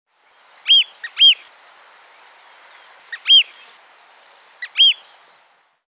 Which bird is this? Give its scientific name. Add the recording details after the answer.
Charadrius hiaticula. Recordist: Tembrock, Günter. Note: Flugrufe